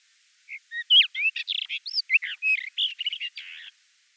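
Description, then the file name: Common rock thrush song: a rapid, continuous stream of varied warbled, whistled and scratchy notes, jumping up and down in pitch for about three seconds. "Pticy Rossii. Pyostryj kamennyj drozd Monticola saxatilis"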